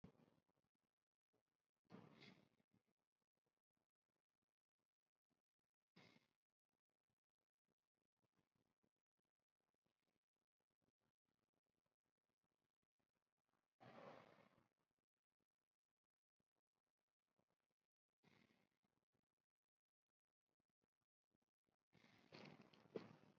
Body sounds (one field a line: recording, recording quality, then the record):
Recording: deep breathing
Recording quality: moderate, slight background noise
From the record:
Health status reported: COVID-19 positive, mild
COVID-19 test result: positive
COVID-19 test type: RT-PCR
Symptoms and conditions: cold, diarrhoea, diabetes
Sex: male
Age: 31 years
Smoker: no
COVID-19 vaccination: both doses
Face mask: worn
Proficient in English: yes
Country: India